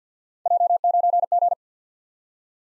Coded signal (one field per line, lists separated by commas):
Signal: Morse code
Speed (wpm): 53 wpm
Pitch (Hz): 700 Hz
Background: none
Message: J9G